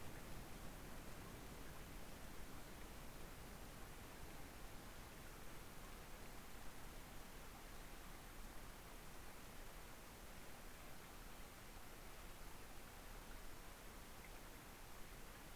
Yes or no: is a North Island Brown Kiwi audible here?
no